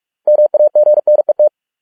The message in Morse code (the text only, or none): MAGNET